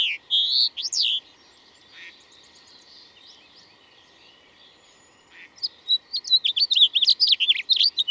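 Bird song: a loud burst of high, sweeping whistled notes, a quiet gap of about four seconds with faint chirps, then a fast jumble of sharp, twittering phrases.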